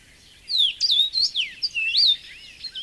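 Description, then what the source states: Common rosefinch song: clear whistled notes sliding up and down in a short, lilting phrase. Found in suitable shrubland in southern and central Finland; fairly rare 20-30 years earlier.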